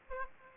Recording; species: mosquito wingbeat signal from an infrared sensor; Aedes aegypti